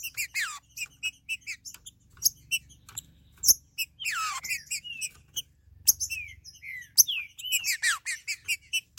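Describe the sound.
Green-winged saltator singing: irregular bursts of short chirps mixed with descending slurred whistles and a few harsh squawky notes, over a faint low hum.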